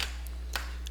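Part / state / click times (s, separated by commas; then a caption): hose clamp on coolant/vacuum hose at intake manifold / seated / 0.6 s. On a 1999 Pontiac Grand Am, after a hose is put back on the intake manifold, pliers slide the metal hose clamp forward over the hose end. A sharp click at 0.6 s stands out over a steady low hum, with faint ticks around 0.3 s and 0.9 s. The clamp locks into place.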